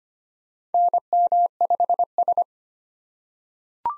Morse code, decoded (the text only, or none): NM5S